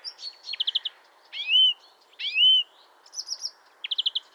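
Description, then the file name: European greenfinch calls: quick four-note trill bursts, then two loud, rising whistled tweets, then more trills. "Chloris chloris"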